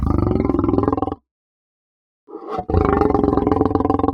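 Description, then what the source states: Lion growling in long, throaty, vibrating rumbles, one lasting over a second, then a brief pause and a quieter onset before another sustained growl. Soft growl.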